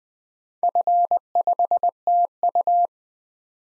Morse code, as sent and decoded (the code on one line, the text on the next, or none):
..-. ..... - ..-
F5TU